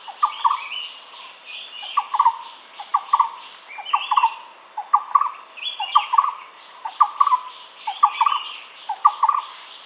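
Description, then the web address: Barbet calling in repeated bursts of low notes roughly every second. "animal-sound barbet-sound"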